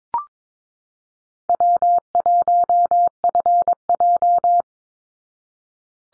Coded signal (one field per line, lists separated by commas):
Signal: Morse code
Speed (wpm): 22 wpm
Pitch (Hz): 700 Hz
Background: none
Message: W1FJ